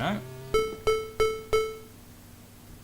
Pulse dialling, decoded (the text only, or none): none